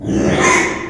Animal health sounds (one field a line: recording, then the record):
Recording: squeal of a Yucatan mini pig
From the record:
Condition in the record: after surgery on the right vocal fold (resection and tissue-engineered implant)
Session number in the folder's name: 3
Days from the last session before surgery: 33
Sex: male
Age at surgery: 12 weeks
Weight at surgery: 13 kg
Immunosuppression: cyclosporine, prednisolone